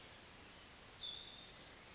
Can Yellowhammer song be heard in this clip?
no